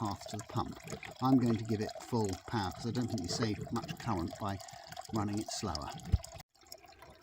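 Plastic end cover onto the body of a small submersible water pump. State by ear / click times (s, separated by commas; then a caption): seated / 6.7 s. Someone talks while the plastic end cover of a small Flintronic USB submersible aquarium or pond water pump is pushed back onto the pump body after the inside has been shown. The cover clicks into place at 6.7 s, followed by a few faint small handling sounds, and it is seated.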